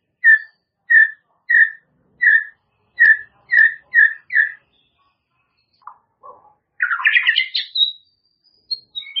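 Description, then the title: White-rumped shama song: eight clear whistled notes in series, then a fast jumbled phrase of varied whistles. "murai batu"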